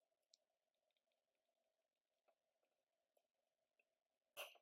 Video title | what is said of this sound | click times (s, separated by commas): HMT Jayanth Watch Repair - Part 2 | There, you just heard the snap. So, now it's locked into place. | 0.3 s